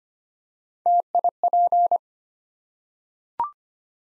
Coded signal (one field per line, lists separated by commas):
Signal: Morse code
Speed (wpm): 25 wpm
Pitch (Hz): 700 Hz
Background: none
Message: TIP